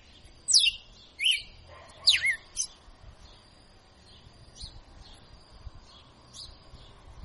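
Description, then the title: Red-cowled cardinal singing four loud, sharp, slurred whistles in quick succession, then only faint notes and a low background hiss. Female singing; tutor bird singing vigorously. "Canto Galo Campina Fêmea. Galo de Campina Professor Açoitando"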